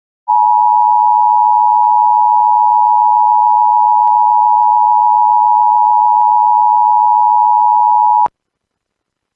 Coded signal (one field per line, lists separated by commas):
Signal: Emergency Alert System (SAME) tones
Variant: 853 and 960 Hz attention tone